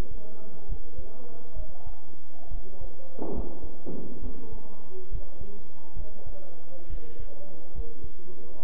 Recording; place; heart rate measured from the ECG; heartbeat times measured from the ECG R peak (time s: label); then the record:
heart sounds by stethoscope; between the tricuspid and mitral areas; 68 bpm
0.68 s: heartbeat
1.56 s: heartbeat
2.51 s: heartbeat
3.34 s: heartbeat
4.22 s: heartbeat
5.11 s: heartbeat
5.96 s: heartbeat
6.89 s: heartbeat
7.74 s: heartbeat
8.63 s: heartbeat
From the record:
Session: bicycle stress test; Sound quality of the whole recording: good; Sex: male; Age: 23 years